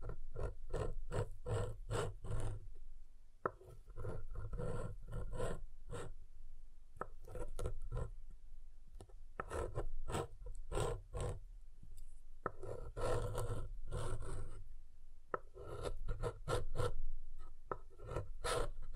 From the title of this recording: SoftHard Soap Tapping and Carving